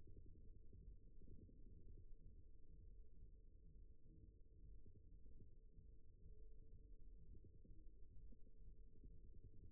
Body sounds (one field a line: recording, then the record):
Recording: forearm muscle sounds (acoustic myography)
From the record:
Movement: rest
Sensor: system 1, eight BSWA MPA416 microphones around the upper forearm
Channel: 3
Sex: male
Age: 54 years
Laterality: right